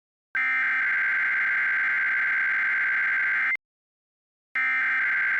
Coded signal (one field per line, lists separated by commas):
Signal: Emergency Alert System (SAME) tones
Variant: header bursts